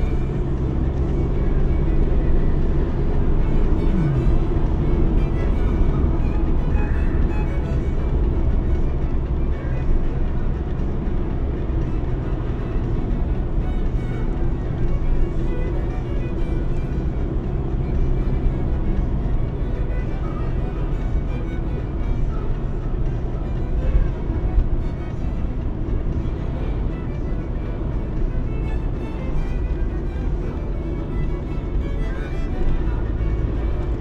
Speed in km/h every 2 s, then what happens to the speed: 76, 81, 81, 77, 73, 71, 68, 68, 71, 68, 65, 66, 64, 62, 59, 56, 59.
4-12 slows to 68. 12-17 steady at about 68. 17-29 slows to 56.